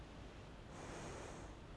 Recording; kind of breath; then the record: one breath in and out by a microphone near the nose and mouth; normal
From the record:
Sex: female